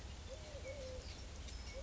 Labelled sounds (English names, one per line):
Eurasian Collared Dove